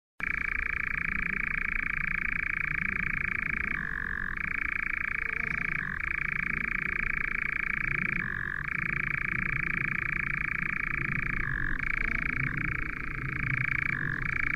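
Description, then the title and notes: European nightjar churring in a long unbroken mechanical trill, the pitch dropping briefly every few seconds before returning to the higher steady churr, with low rumbling background noise. "Lyden av en nattravn by forskningno"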